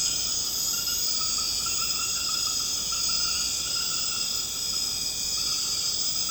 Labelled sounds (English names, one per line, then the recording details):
none
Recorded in secondary vegetation near Puerto Asís, Putumayo, Colombia, on 21 March 2025 at 21:00
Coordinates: 0.485, -76.322
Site G040